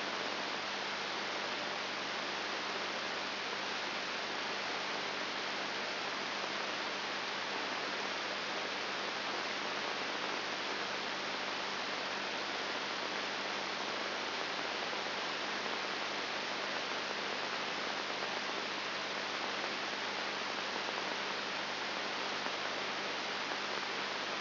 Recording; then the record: brain microelectrode recording played as sound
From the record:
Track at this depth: inside the subthalamic nucleus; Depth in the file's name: 4.301 mm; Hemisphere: left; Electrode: 3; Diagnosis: Parkinson's disease